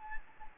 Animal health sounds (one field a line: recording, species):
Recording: mosquito wingbeat signal from an infrared sensor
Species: Anopheles gambiae